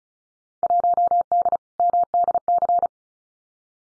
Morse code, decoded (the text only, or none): 1D MDC